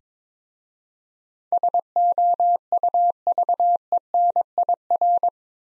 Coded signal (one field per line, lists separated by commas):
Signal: Morse code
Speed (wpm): 22 wpm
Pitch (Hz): 700 Hz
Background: none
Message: SOUVENIR